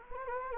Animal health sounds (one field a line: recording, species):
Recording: mosquito wingbeat signal from an infrared sensor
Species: Anopheles gambiae